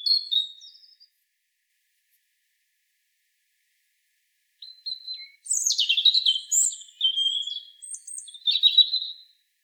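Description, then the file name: European robin song: a short high phrase, a pause of several seconds, then a long jumble of rapid trills and thin, wavering whistles. "Erithacus rubecula"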